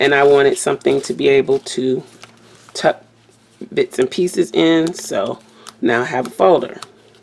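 Someone talks while handling a handmade paper pocket folder with punched disc-bound cardstock edges, about to be pressed onto the plastic discs of a disc-bound planner. Nothing has seated or clicked yet; the clip ends before the folder goes onto the discs.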